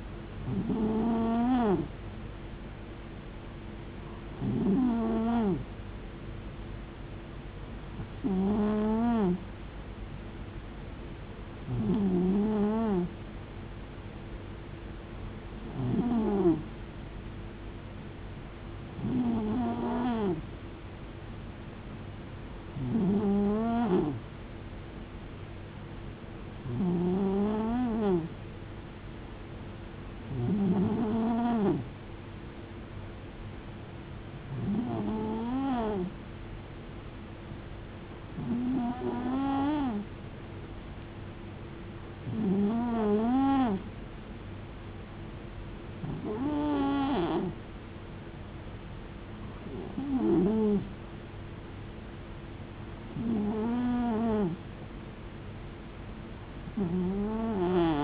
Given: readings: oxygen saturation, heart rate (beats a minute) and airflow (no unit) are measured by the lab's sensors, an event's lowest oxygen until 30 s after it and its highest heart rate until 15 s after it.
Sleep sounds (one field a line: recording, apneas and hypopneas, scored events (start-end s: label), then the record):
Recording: breathing in sleep by a voice recorder at the bedside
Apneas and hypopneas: none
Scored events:
none scored
From the record:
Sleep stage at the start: N2 (light sleep)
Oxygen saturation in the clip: 91 to 92%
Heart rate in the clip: 63 to 75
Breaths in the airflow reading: 15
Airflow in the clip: -6.2 to 5.4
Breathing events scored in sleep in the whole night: 389 in 6.3 hours asleep